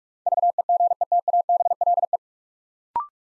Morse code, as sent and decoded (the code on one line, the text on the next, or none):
...- . --. . - .- -... .-.. .
VEGETABLE